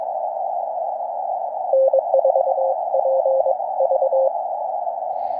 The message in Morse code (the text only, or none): N4PV